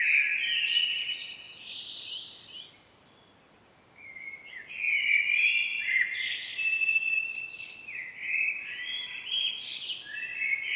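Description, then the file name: Common blackbird song, a warbled phrase, a brief silence, then a long run of fluted and squeaky notes continuing to the end. "Turdus merula"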